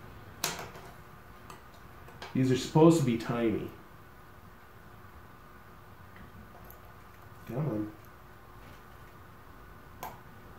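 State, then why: Seated. Someone talks while pressing a tiny antenna coax connector onto the socket of a small LoRa radio board, with faint handling taps along the way. After some struggling, a single sharp click at 10.0 s shows the connector has seated.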